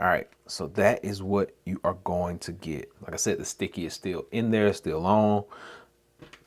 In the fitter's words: and s pen snaps right in place it's held back there it's